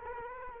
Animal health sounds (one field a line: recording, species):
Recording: mosquito wingbeat signal from an infrared sensor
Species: Culex quinquefasciatus